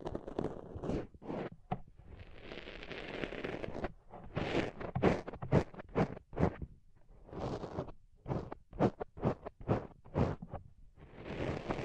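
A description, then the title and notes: Soft, fluffy ASMR triggers: bursts of rustling, crackling and brushing come in irregular clusters, some short and sharp, others drawn out for a second or two. Quiet gaps break them up every few seconds, and the sound stays fairly low and muffled with crisp tops. ASMR Deep Ear Tingles Soft & Fluffy Triggers (No Talking).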